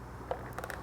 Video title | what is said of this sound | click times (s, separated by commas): Black Lever Options for Vespa GTS | you know starting from the top kind of want to get all the snaps in place | 0.3 s, 0.6 s, 0.7 s